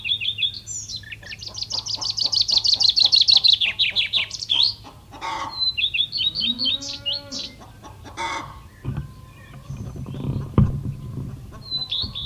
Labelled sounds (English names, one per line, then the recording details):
Common Chaffinch
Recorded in the wild
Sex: male
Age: adult
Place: Schloß Holte-Stukenbrock, Senne, Nordrhein-Westfalen, DE
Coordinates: 51.8683, 8.6575
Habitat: farm
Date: 1972-05-23
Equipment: Uher 4200 Report Stereo, Bändchenmikro Beyer M 260, Parabolspiegel Polyester (600 mm)
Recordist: Conrads, Klaus